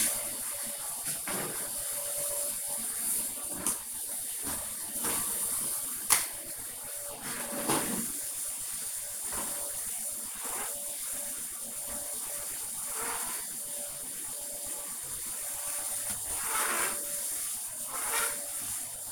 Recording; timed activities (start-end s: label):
household activities, microphone on the right wrist
0.00-19.12 s: vacuum cleaning